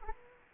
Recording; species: mosquito wingbeat signal from an infrared sensor; Culex quinquefasciatus